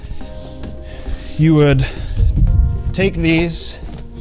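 Someone talks while handling two Proline seamless magnetic rubber concrete stamp mats, lining them up edge to edge so the magnets in their edges can pull them together, with a brief light knock near 0.6 s and soft rubbing of the mats. Nothing has seated or clicked into place yet.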